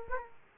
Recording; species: mosquito wingbeat signal from an infrared sensor; Aedes aegypti